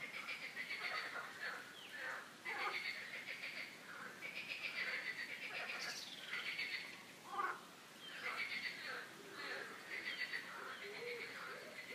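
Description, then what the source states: Frogs in a dense croaking chorus, overlapping rattling pulsed calls running almost continuously, with one short higher squeak near the middle. Frogs croaking in a park; the calls are described as a quack-like 'coin-coin'.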